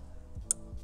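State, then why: Seated. A wiring harness plug is pushed onto the cam position sensor of a 1.4 Gen 2 Cruze during a flex fuel install and latches with a single sharp, bright click at 0.5 s over low background rumble. The connector is seated and confirmed clicked on.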